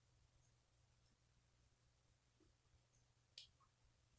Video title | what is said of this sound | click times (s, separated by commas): STEP BUILD #67: HOOKING UP THE DCC CONTROLLER TO THE BUS LINES | yeah i heard that snap | 3.4 s